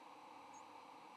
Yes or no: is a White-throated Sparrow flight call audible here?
no